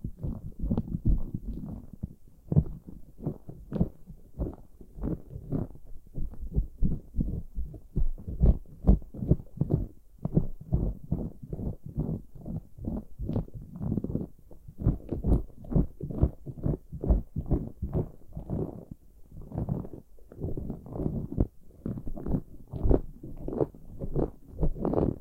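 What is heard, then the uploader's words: Ear picking, heard as a steady stream of muffled, low thumps and scratchy rubs, several each second, with no regular beat. The bursts stay dense and even throughout, with occasional brighter crackles and a faint hiss beneath them. Pure ear picking, heartbeat simulation.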